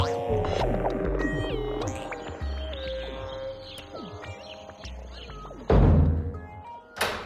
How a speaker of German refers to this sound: Warum sperrst du denn die Tür ab